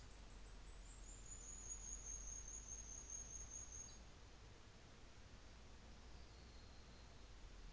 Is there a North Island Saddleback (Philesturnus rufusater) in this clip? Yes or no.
no